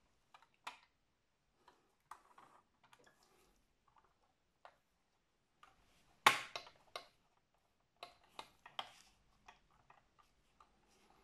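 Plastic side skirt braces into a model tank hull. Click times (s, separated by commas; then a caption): 6.3 s. Plastic side skirts on a Takom Chieftain Mk.10 scale model tank are eased outward so the bracing pieces behind them click into the hull. Faint plastic ticks and handling sounds run throughout, with one loud, sharp click at 6.3 s followed by several smaller clicks. The braces are confirmed clicked into place.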